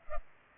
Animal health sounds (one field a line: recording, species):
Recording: mosquito wingbeat signal from an infrared sensor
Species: Culex pipiens